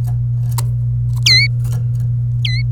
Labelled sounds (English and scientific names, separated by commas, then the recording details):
Domestic Canary (Serinus canaria) song
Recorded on 27 April 2018 at 09:37
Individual llb3